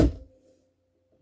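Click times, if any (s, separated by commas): none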